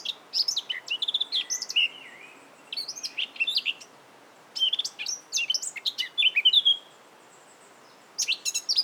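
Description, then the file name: Eurasian blackcap with several bursts of chattering, warbled song separated by brief pauses, each phrase mixing fast high notes and slurred whistles. "Sylvia atricapilla"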